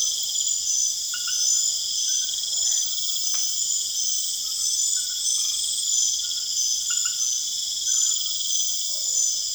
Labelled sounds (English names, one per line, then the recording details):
none
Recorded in secondary vegetation near Puerto Asís, Putumayo, Colombia, on 29 June 2025
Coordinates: 0.488, -76.319
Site G094